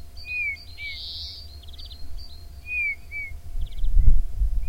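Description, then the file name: Eurasian bullfinch calls: short, gently descending whistles repeated several times, mixed with a buzzy burst and brief pulsed notes, low rumble and a thud near the end. "Pyrrhula pyrrhula"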